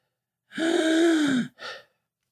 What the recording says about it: Stridor is a high-pitched sound heard only on inspiration. Stridor is caused by an upper airway obstruction. Apply really slight pressure to your upper airway and try taking in a couple breaths. High-pitched inspiratory sound.